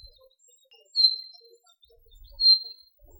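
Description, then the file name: Common chaffinch calls: two thin, level whistled notes about one and a half seconds apart, against near silence. "Fringilla coelebs"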